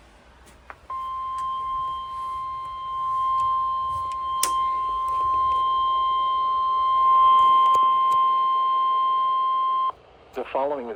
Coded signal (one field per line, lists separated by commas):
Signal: Emergency Alert System (SAME) tones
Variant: 1050 Hz attention tone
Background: speech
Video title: Flash Flood Warning with SIGNIFICANT flooding (EAS #85)